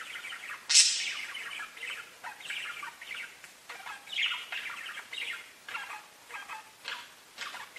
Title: Budgie Sounds